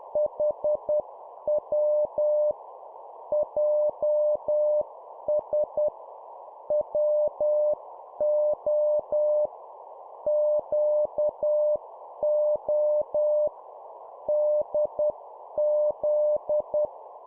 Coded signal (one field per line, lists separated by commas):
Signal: Morse code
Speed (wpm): 10 wpm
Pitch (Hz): 600 Hz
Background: none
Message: HW JS WO QO DZ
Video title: 10wpm Two letter words, cw morse code